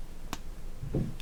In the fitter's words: and you can feel it click and you can hear it as well.